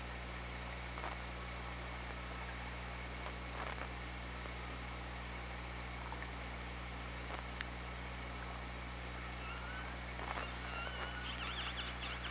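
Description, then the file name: Orca calls, faint rising tonal whistles and pulsed sounds against constant underwater hiss and low hum, strongest toward the end. OrcaLab hydrophone, 24 August 2017, 17:18. "Orca Lab UTLN JASON 20170824 171857"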